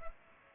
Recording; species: mosquito wingbeat signal from an infrared sensor; Culex pipiens